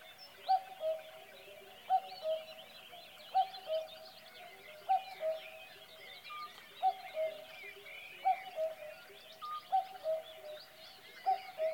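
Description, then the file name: Cuckoo calling a falling two-note cu-coo roughly every 1.4 seconds over a dense, chattering bird chorus. "minutes of cuckoos"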